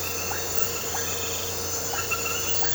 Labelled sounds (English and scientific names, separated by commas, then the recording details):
none
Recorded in pastures near Puerto Asís, Putumayo, Colombia, on 8 March 2025 at 22:30
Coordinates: 0.466, -76.322
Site CSA-02